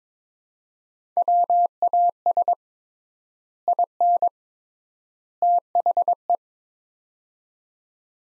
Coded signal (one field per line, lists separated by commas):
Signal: Morse code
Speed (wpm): 22 wpm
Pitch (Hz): 700 Hz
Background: none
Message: WAS IN THE